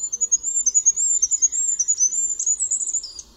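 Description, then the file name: Goldcrest song: a rapid, very high-pitched see-saw series of thin notes over three seconds, closing with a brief twittering flourish. "MYSIKRÓLIK"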